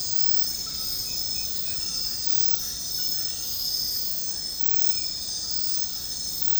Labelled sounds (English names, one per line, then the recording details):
none
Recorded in secondary vegetation near Puerto Asís, Putumayo, Colombia, on 18 February 2024 at 00:30
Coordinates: 0.468, -76.324
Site G6381